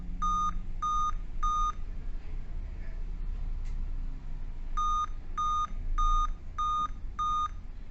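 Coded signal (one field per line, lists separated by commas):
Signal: beep code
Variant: Dell laptop BIOS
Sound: short electronic beeps: three, a pause, then five evenly spaced beeps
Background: low room hum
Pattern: 5 short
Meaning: Five beeps on a Dell means a real-time clock (RTC) fault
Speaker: कि यह पांचवीं बार बार बचती रहती है वह भी कंटीन्यूसली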